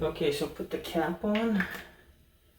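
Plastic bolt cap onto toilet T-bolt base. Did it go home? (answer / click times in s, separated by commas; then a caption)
no / none. Someone talks while a plastic decorative bolt cap is handled at the foot of a toilet bowl, ready to be pressed onto the T-bolt and its base after the T-bolt has been cut off. Nothing has seated or clicked yet, and the clip ends before the cap snaps into place.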